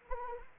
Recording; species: mosquito wingbeat signal from an infrared sensor; Anopheles arabiensis